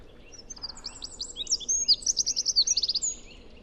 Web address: cianscape birddata Deverinetal 2025 File origin Bird Only